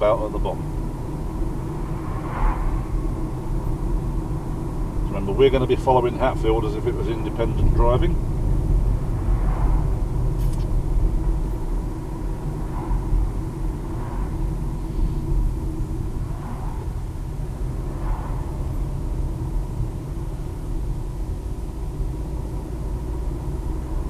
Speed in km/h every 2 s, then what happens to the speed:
39, 39, 39, 37, 37, 34, 29, 21, 24, 26, 29, 32.
0-9 steady at about 39. 9-14 slows to 21. 14-24 speeds up to 32.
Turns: none.